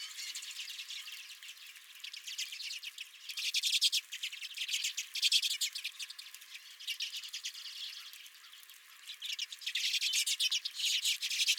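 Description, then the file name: Redpoll calls form a continuous high twittering chatter of quick, buzzy notes that swell and fade in waves. Redpolls calling at the recordist's feeder. "Redpolls at My Feeder"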